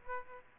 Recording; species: mosquito wingbeat signal from an infrared sensor; Aedes aegypti